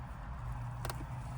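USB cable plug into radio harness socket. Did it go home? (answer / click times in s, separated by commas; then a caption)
yes / 0.8 s, 0.9 s. The original USB port cable plug is pushed into its socket on the radio harness while installing a 13.1-inch Android radio in a 2019–2023 Toyota RAV4. Two short, sharp clicks are heard at 0.8 and 0.9 seconds over a steady low hum. The connector seats with a click.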